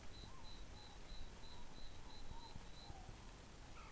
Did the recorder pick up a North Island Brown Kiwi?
no